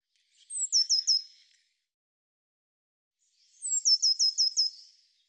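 Bird song: two high, thin phrases, each a sharp descending note followed by a quick run of three to five similar down-slurred chirps, with a pause between.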